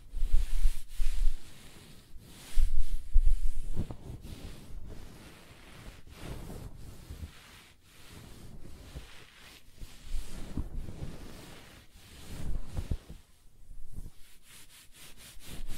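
Close-up scratching, brushing and stroking of hair: soft, dense rustling rubs in irregular bursts, with heavier low thumps near the start and around three seconds.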